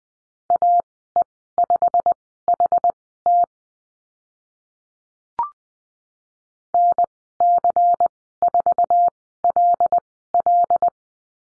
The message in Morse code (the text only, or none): AE5HT NC4LL